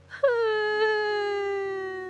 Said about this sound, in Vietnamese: Những đứa bé chưa hết sợ thì bật khóc hu hu.